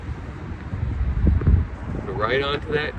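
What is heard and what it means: The metal quick coupler on a tree injection gun is pulled back and lined up on the injection needle before being pushed on, over steady wind noise with a couple of brief knocks near the middle. Someone talks toward the end. Nothing has seated or clicked yet.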